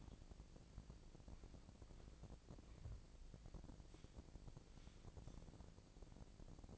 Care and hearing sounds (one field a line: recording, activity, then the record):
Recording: daily activity, microphone in the room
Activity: walk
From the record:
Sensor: 5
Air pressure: 1012.3 hPa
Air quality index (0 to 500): 156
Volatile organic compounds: 2 ppm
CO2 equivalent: 1074 ppm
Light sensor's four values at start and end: 348/836/358/399 and 348/837/358/400